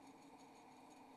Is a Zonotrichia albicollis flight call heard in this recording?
no